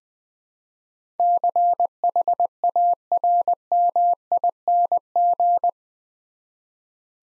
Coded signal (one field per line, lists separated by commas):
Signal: Morse code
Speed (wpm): 20 wpm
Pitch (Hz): 700 Hz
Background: none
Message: CHARMING